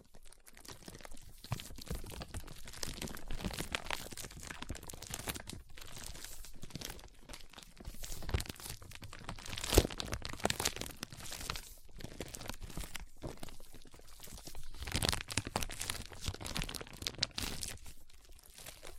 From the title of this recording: ASMR Powerful Foam Brain Massage